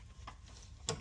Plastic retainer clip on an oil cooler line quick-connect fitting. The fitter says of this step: you'll feel that click into place as well it should look like that when you're done